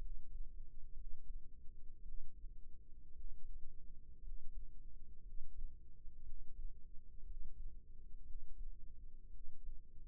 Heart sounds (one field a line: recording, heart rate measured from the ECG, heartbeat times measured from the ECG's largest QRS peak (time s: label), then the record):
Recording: heart sounds by microphone in the right ear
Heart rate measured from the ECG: 57 bpm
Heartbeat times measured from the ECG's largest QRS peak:
0.94 s: heartbeat
2.02 s: heartbeat
3.14 s: heartbeat
4.21 s: heartbeat
5.22 s: heartbeat
6.23 s: heartbeat
7.24 s: heartbeat
8.25 s: heartbeat
9.30 s: heartbeat
From the record:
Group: healthy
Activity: rest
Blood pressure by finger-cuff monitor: 103/66 mmHg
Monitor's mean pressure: 79 mmHg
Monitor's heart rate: 59 bpm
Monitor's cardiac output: 5 L/min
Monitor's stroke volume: 91 mL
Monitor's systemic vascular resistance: 1150 dyn s/cm5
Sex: male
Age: 22 years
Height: 181 cm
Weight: 79 kg